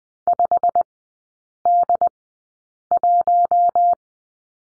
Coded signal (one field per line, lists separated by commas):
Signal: Morse code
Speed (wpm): 20 wpm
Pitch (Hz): 700 Hz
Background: none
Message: 5D1